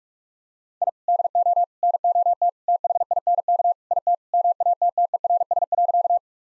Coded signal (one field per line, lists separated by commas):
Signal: Morse code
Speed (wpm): 43 wpm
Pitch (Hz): 700 Hz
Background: none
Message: I DO NOT THINK IT MATTERS.